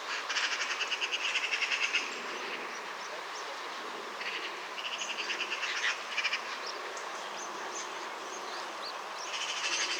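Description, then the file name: Eurasian magpie chattering: harsh, rapid rattling bursts of dry clicks, one lasting about two seconds, then shorter bursts later. "Pica pica"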